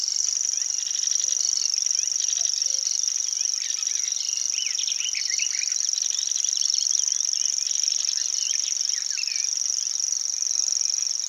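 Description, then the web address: Common grasshopper warbler giving a sustained, even, high-pitched reel for the whole stretch, accompanied by scattered chirps and short phrases from other birds. "réti-tücsökmadár-hangja. reti tucsokmadar"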